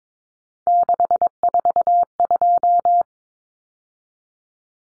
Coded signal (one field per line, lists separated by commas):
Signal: Morse code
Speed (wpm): 22 wpm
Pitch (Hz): 700 Hz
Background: none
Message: 642